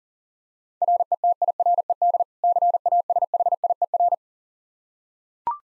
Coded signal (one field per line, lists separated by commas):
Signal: Morse code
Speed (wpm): 40 wpm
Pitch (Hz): 700 Hz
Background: none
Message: RETIRED CASHIER